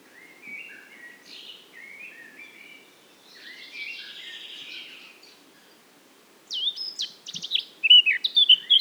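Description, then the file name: Eurasian blackcap song: quiet chattering warble for several seconds, then an abrupt loud fluted flourish of clear rising and falling whistles. "Sylvia atricapilla"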